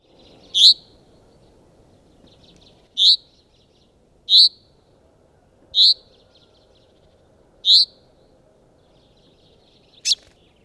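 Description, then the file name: Common chaffinch giving six short, sharp, high calls, spaced about one and a half to two and a half seconds apart, over faint low background noise. "Fringilla coelebs"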